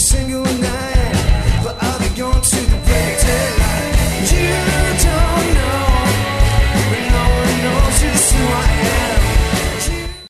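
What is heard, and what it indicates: A thin, steady high whine at 4 kHz, set at 30 dB, runs unbroken beneath loud music, simulating the ringing of tinnitus.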